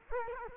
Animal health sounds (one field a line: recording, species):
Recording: mosquito wingbeat signal from an infrared sensor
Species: Culex quinquefasciatus